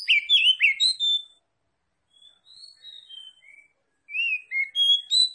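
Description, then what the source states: Oriental magpie-robin song: rich whistled phrases sliding up and down, a pause of under a second, then softer notes before a louder varied burst. Called kacer locally; Tretes; described as gacor, singing vigorously.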